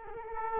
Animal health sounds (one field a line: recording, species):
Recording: mosquito wingbeat signal from an infrared sensor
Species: Culex quinquefasciatus